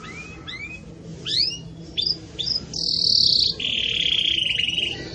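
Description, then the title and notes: Canary song: scattered rising and swooping notes, then a sustained bright buzzy trill that drops to a lower rolling phrase. Belgian canary singing pure "campainha" song, with pauses, for training. "Canto Canário Belga Campainha Puro Com Pausa Para Treinamento. CANARIO BELGA"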